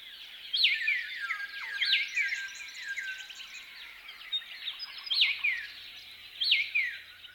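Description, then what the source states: White-plumed Honeyeater dawn song: four distinct upswept whistles, each followed by a short falling note, at irregular intervals over a busy background of high chirps. Dawn song phrases from dry woodlands of southeast Queensland, Australia; each region has its own learned song phrase; these honeyeaters live in loose aggregations.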